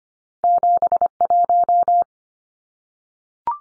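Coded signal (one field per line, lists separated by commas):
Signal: Morse code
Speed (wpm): 25 wpm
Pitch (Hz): 700 Hz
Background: none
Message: 71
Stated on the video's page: Two-digit numbers at 25wpm for head-copy practice, each sent in Morse, then spoken, then sent again.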